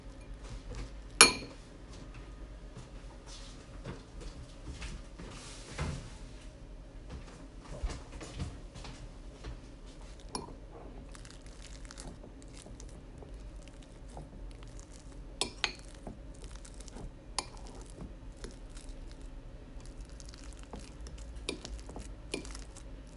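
Banana bread being made: scattered clinks and knocks of kitchenware over a steady low hum, with sharper clatters near 1, 6, 10 and 15 seconds.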